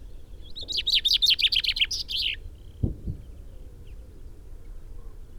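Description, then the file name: Common chaffinch song: a rapid series of bright notes lasting about two seconds, ending in a short flourish, followed by dull low thumps. "Fringilla coelebs"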